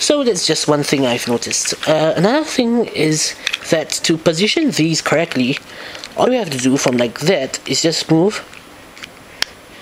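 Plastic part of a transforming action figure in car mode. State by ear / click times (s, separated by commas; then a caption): seated / 9.4 s. A plastic part of a transforming robot action figure in car mode is moved into its correct position while someone talks. After a short quiet handling sound near 9.0 seconds, the part clicks into place at 9.4 seconds with a sharp, bright snap.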